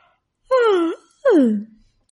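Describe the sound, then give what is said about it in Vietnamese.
A drawn-out two-part yawn, each breathy vocal slide starting high and sinking lower, separated by a brief pause, heard alone without talk. “Trịnh Dương ngáp một cái.”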